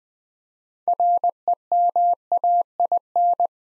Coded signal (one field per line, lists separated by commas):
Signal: Morse code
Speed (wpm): 20 wpm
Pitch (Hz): 700 Hz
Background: none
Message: REMAIN